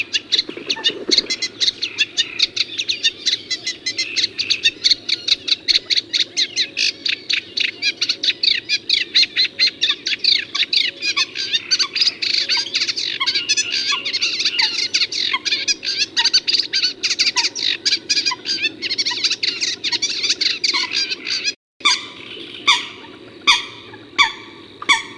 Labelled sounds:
Sedge Warbler (Acrocephalus schoenobaenus) song
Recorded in the wild
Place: Temmen-Ringenwalde, Mecklenburg-Vorpommern, DE
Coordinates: 53.097, 13.748
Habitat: Lake
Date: 1982-05-13
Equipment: Nagra III BH, Sennheiser MD 21, parabola
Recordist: Schubert, Michael

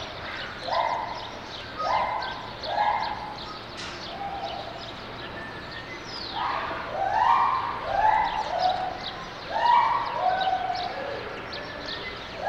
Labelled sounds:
Lar Gibbon (Hylobates lar)
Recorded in captivity
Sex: pair
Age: adult
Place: Zoo Berlin, Berlin, DE
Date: 1989-02-22
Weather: sonnig, 2-7°C
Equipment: Sony WM-D6C, Sony ECM-939 LT, Kopie Tesla B 116
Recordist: Tembrock, Günter

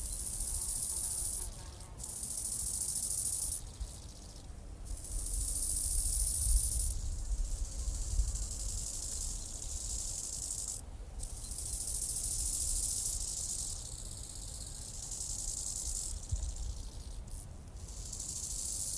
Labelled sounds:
Bow-winged Grasshopper (Chorthippus biguttulus) stridulation
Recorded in the wild
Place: Strausberg, Barnim, Brandenburg, DE
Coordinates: 52.5533, 13.8819
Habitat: meadow
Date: 1989-08-12 16:30
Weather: sonnig, 26,5°C
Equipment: Riporter 6 RG-K, Halbspur, Sennheiser MKH 416 T
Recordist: Frommolt, Karl-Heinz

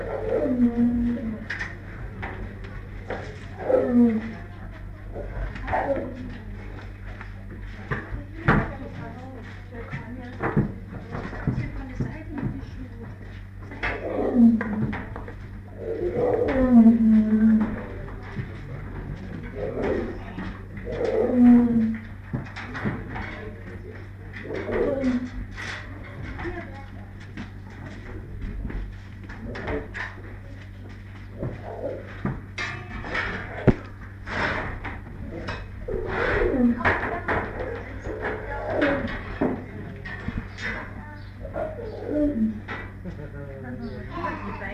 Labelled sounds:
Lion (Panthera leo) call
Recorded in captivity
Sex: male
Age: adult
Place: Tierpark Berlin, Berlin, DE
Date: 1959-07-24
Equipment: Smaragd
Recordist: TSA
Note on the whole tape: Hassan: Einzellaute (während der gesammten Aufnahme), Primus oder Gouverneur, später Primus und Gouverneur gegen Brigant: Grollen, Gouverneur und Primus spielen, "Gurren" ? Abstand 1-3 m. Aufnahmen während der Reinigung der Käfige. Aufnahmen zwischen 8.10 und 9.55 Uhr

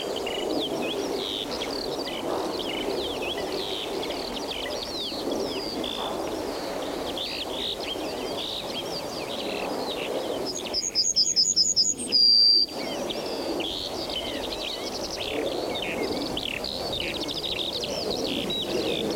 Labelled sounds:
Yellowhammer (Emberiza citrinella)
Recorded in the wild
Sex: male
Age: adult
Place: Zepernick, OT Hobrechtsfelde, Brandenburg, DE
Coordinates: 52.666, 13.495
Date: 1993-04-20 14:20
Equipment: Sony WM-D6C, Sennheiser ME 80, K 30 AV, Kopie Tascam 22-2
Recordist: Quaisser, Christiane

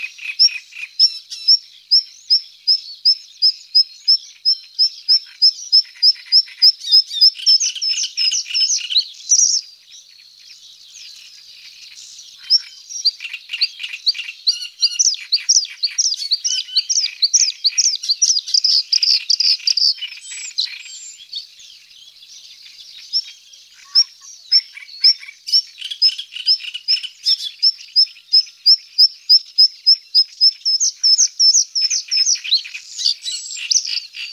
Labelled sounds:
Bluethroat (Luscinia svecica) song
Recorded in the wild
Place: Nagyivan / Hortobagy Nationalpark, HU
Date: 1990-05-25
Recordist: Schwarz, Dieter
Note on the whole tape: Song

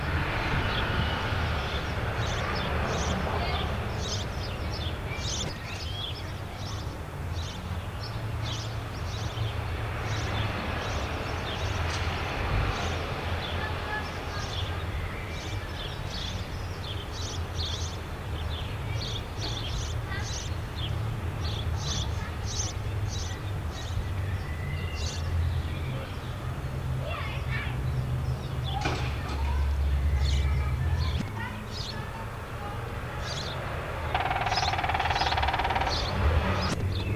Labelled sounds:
Grey-headed Woodpecker (Picus canus)
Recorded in the wild
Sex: male
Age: adult
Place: Bielefeld-Mitte, Nordrhein-Westfalen, DE
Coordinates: 52.0072, 8.54889
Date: 1972-06-01
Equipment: Uher 4200 Report Stereo, Bändchenmikro Beyer M 260, Parabolspiegel Polyester (600 mm)
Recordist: Conrads, Klaus

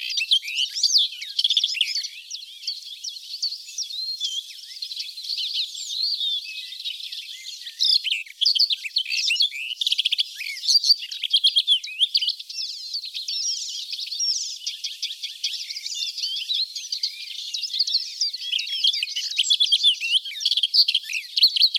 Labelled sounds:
Barred Warbler (Sylvia nisoria) song
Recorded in the wild
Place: Ahlenmoor, Schleswig-Holstein, DE
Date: 1980-05-29
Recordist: Schwarz, Dieter

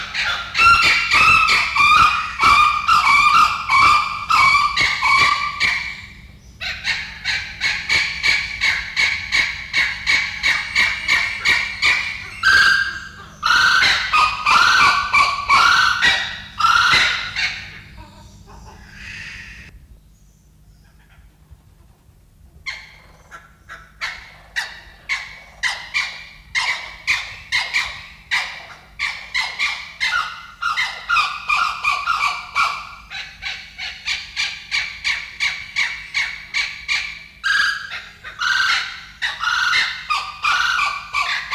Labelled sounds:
Blue-winged Kookaburra (Dacelo leachii) call
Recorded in captivity
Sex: pair
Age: adult
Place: Wilhelma Stuttgart, Baden-Württemberg, DE
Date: 1969-10-08
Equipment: Halbspur, 9,5 cm/s
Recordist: Lütgens, Hans

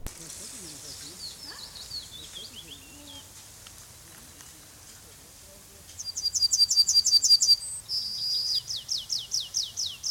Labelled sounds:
Yellowhammer (Emberiza citrinella) song
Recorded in the wild
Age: adult
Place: Köppchensee, Berlin, DE
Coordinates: 52.6167, 13.3667
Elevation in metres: 40
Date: 2003-06-22 12:53
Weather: heiter - wolkig, 17 - 18°C
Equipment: Fair Mate ST-1328 (Asahi Electronics, Japan), Sennheiser ME 80, Kopie Uher 4000 Report Monitor
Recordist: Tembrock, Günter

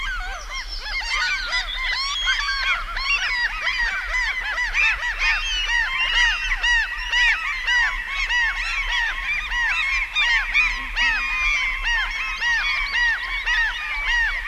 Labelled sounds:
Common Gull (Larus canus) call
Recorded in the wild
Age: adult
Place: Halbinsel Kindo, Karelien, RU
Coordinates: 66.5356, 33.0611
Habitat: upland moor
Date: 1994-06-24
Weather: cloudy, 15°C
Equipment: Sony TCD-D3, Sennheiser ME 80, K 30 AV (I), Windschutz
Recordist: Frommolt, Karl-Heinz

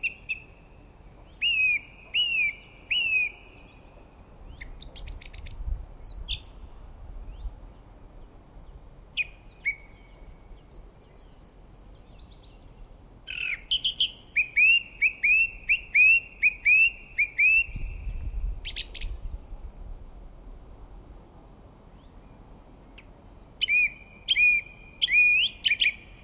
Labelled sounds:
Song Thrush (Turdus philomelos) song
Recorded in the wild
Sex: male
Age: adult
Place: Erlangen, Bayern, DE
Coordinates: 49.6086, 10.9697
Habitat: wood
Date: 1962-04-03
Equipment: Stellavox SM 4a, Original, Vollspur
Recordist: Tretzel, Erwin

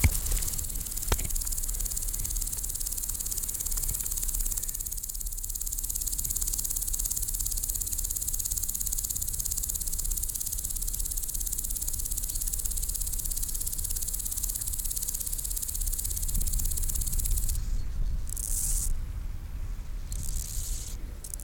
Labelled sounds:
Common Green Grasshopper (Omocestus viridulus) stridulation
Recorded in the wild
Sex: pair
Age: imago
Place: Lienen, Nordrhein-Westfalen, DE
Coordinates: 52.145, 7.974
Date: 1991-09-21 10:58
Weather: am Gras 18,1 °C, in der Sonne 29,8 °C
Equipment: Marantz, Sennheiser ME 80, Kopie Tesla B 116
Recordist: Tembrock, Günter

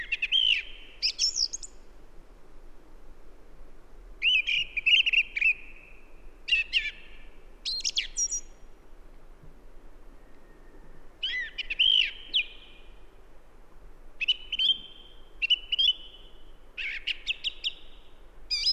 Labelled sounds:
Song Thrush (Turdus philomelos) song
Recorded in the wild
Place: Halbinsel Kindo, Karelien, RU
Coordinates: 66.55, 33.1
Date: 1998-06-22
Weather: clear, 8°C, weak easterly winds
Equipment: Aiwa HD-S1, Telinga Pro 5
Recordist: Frommolt, Karl-Heinz

